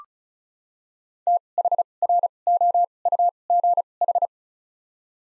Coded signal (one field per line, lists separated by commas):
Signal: Morse code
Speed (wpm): 36 wpm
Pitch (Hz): 700 Hz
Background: none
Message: T H R O U G H